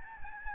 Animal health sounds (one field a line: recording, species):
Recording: mosquito wingbeat signal from an infrared sensor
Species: Aedes albopictus